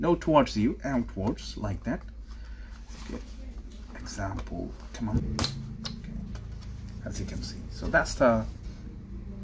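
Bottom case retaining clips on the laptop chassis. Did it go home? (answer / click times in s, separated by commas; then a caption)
released / 5.9 s. Someone talks while sliding the aluminium bottom case of a 2016–2017 A1708 Apple MacBook Pro 13" Retina outwards, towards themselves, to free it from the two retaining knobs that lock it in place. A sharp click at 5.9 s marks the bottom case clips popping free, followed by a couple of fainter ticks, and the case is released.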